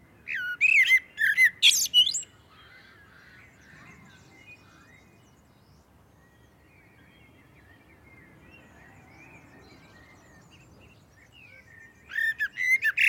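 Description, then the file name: Common blackbird singing: a burst of fluted whistles and high twitters, a long quiet pause with faint background chirps, then another short phrase. "Turdus merula"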